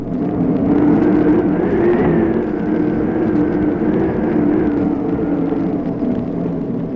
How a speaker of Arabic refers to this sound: أتسمعين صوت الريح؟